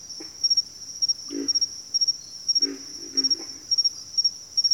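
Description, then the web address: Pig frog gives short, deep grunts, some doubled, spaced a second or so apart, with a steady shrill insect buzz above. "ENTER Music and Audio J - Nature Songs Nature Sounds Sounds of Nature Collection Pig Frogs"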